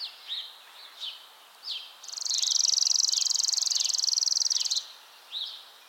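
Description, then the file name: Chipping sparrow giving a long, dry trill of fast repeated notes on one pitch, nearly three seconds, with a few sharp chirps around it. "Spizella passerina - Chipping Sparrow"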